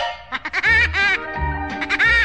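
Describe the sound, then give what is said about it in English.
Woody Woodpecker's cartoon laugh: a loud, rapid string of high, nasal, chattering syllables rising and falling in pitch, with no other sounds. “That's a Woody Woodpecker too.”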